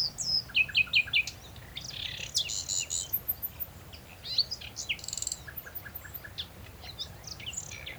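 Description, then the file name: Common nightingale song opening with a quick stuttered series of repeated notes, then varied whistles, buzzy bursts and short trills over soft steady background noise. "Luscinia megarhynchos"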